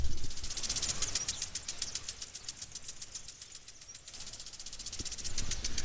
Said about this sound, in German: Da kommen wir jetzt gleich mal vorbei. Da ist ein abgetrenntes Gebiet und dahinter wird Gemüse angebaut, Salat und alles Mögliche. Ist doch nett. Also gibt es hier noch einmal ein Audiobeispiel des Wassersprengers.